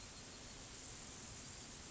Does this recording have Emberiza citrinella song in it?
no